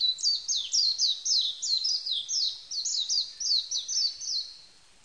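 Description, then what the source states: Japanese white-eye song: a fast, continuous string of high, thin descending notes, nearly four per second, fading at the end. Recorded on 11 April 1998.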